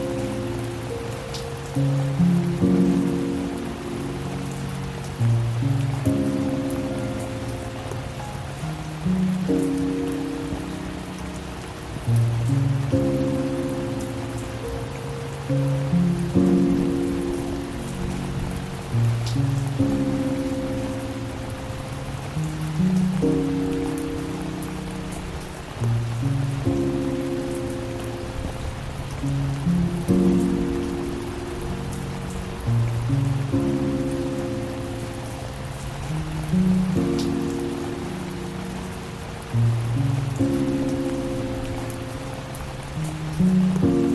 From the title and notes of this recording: Peaceful Piano, Relaxing Music & Rain Sounds. Raindrops gently tapping against your windowpane and the soothing melodies of a captivating piano and relaxing music. Relaxing music, piano, rain sounds and white noise.